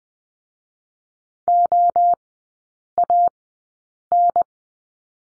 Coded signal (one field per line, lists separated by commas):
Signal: Morse code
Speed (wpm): 20 wpm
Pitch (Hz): 700 Hz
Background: none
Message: OAN